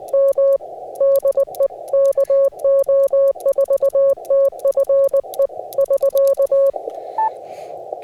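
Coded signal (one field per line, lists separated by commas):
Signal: Morse code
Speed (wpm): 20 wpm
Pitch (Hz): 550 Hz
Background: music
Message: M DE KO4TFE <SK>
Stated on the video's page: Difficult QRP CW POTA activation at the Kentucky Horse Park using an FT-891, ZM-2 tuner and 9:1 end-fed random wire, with poor band conditions or a possible contest.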